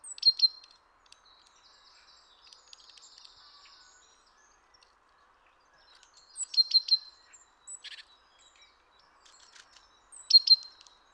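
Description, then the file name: Great tit calls: sharp ticking notes with thin high whistles, recurring a few times, with soft buzzy chatter and a brief rattling burst between. "Parus major"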